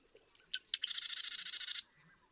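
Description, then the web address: Marsh Wren song: two or three ticking notes lead into an even, buzzy rattle of many rapid pulses. "birdsongforthecurious Marsh Wren"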